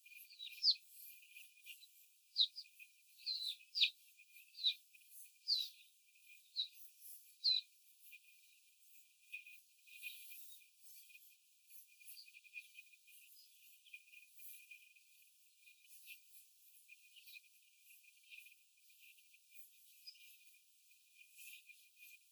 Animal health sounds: young laying hens in a cage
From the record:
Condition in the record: before the stressor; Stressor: simulated dog barking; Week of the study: 4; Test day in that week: 1

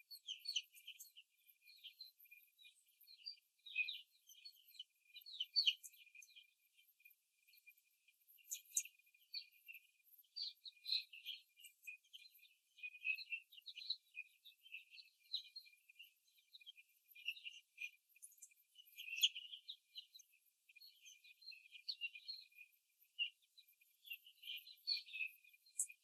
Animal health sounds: young laying hens in a cage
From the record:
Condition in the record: after the stressor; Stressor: simulated dog barking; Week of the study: 3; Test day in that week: 1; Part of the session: 2

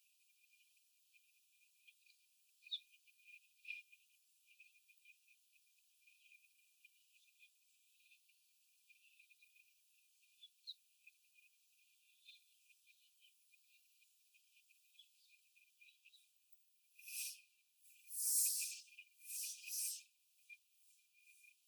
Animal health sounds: young laying hens in a cage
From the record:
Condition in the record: before the stressor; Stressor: simulated dog barking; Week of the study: 4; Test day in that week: 2

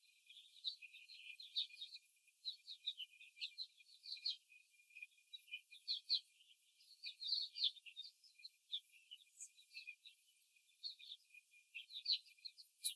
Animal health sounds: young laying hens in a cage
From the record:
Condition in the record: before the stressor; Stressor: simulated dog barking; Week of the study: 3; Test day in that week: 2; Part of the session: 3

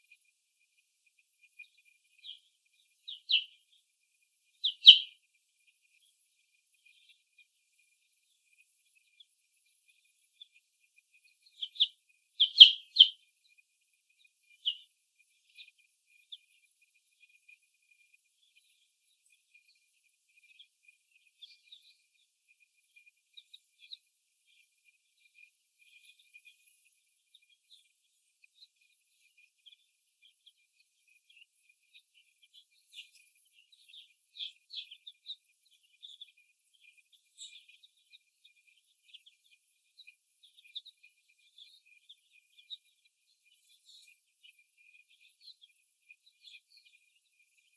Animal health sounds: young laying hens in a cage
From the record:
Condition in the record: after the stressor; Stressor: simulated dog barking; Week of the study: 1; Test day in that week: 1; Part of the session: 3

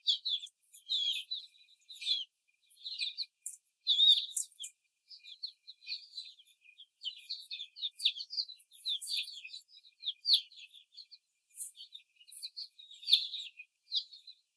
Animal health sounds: young laying hens in a cage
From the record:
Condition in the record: before the stressor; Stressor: simulated dog barking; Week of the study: 4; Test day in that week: 3

